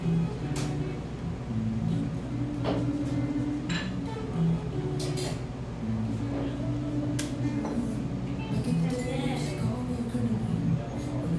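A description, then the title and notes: Café ambience with a steady, dense murmur of overlapping voices and a low, constant hum underneath. Sharp clinks of dishes and glasses cut through often, around 0.5, 2.7, 5, 7 and 9 seconds, with softer clatter scattered between. Laurelhurst, Portland, Oregon.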